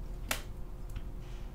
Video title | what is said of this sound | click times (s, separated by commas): RODECaster Pro complete setup & review for podcast recording livestream multitrack | adapter or excuse me the micro SD will go on the back of the road caster and when you put that in you should hear it click that | 0.3 s